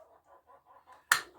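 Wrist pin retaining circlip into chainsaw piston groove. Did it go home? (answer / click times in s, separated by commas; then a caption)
yes / 1.1 s. A steel wrist pin retaining circlip is pushed into its groove in the piston boss of a Farmertec Holzfforma G366 (Stihl MS361 clone) chainsaw piston to hold the wrist pin. A series of faint, soft, mid-pitched scraping sounds leads to a single sharp metallic snap at 1.1 s that rings out briefly. The circlip snaps into the groove and sits flush all the way around.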